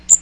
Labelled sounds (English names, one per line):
Magnolia Warbler flight call